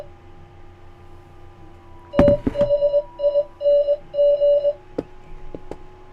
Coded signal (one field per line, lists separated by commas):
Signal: Morse code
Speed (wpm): 20 wpm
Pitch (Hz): 580 Hz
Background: none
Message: THING